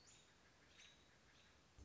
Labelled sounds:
American Robin
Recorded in Sonoma County, California

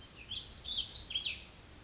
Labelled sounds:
Warbling Vireo
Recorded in Sonoma County, California

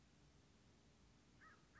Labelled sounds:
American Crow
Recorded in Sonoma County, California

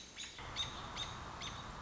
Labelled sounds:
American Robin
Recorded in Sonoma County, California

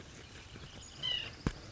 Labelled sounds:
White-breasted Nuthatch
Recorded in Sonoma County, California

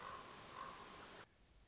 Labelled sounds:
Common Raven
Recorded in Sonoma County, California

